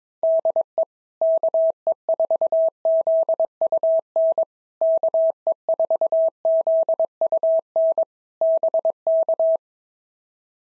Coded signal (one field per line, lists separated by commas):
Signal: Morse code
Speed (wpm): 22 wpm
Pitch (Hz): 650 Hz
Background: none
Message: DE KE4ZUN KE4ZUN BK